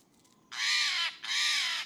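Steller's jay giving two loud, grating, noisy shrieks.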